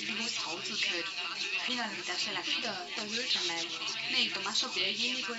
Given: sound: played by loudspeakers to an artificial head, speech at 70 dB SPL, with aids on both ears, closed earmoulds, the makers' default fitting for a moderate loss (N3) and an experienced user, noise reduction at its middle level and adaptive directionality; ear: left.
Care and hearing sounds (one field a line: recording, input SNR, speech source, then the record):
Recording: speech test signal (ISTS) in cocktail-party noise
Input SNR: +6 dB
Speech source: on the right (90 degrees)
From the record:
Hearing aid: class 1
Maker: A